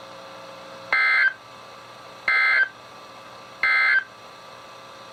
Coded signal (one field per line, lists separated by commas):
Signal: Emergency Alert System (SAME) tones